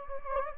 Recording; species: mosquito wingbeat signal from an infrared sensor; Anopheles gambiae